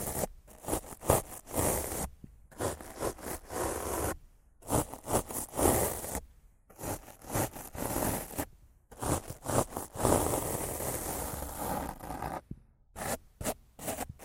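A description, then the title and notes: Rough scratching and brushing across a microphone, coarse and gritty, in quick repeated strokes. The rasping comes in bursts of a few seconds, broken by brief silent pauses about every two seconds. Some strokes sound heavier and scrapier, others softer and brushier. ASMR Rough Mic Scratching & Brushing (No Talking).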